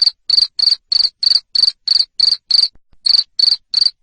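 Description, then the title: Cricket producing loud high chirps, repeated rapidly with one short break. Loud cricket chirping to stimulate lovebirds to sing continuously. "Suara JANGKRIK NGERIK Keras Bikin LOVEBIRD Jadi NGEKEK Terus Vubey"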